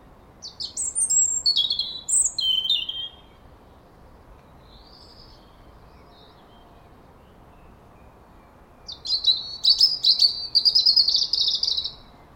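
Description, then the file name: European robin song: two high, tumbling warbled phrases at the start, a long pause, then a thin sliding, trilling phrase near the end. "Erithacus rubecula"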